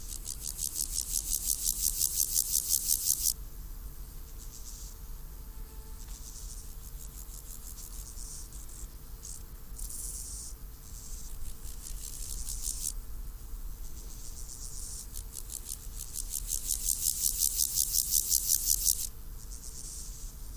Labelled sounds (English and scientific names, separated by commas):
Meadow Grasshopper (Chorthippus parallelus) stridulation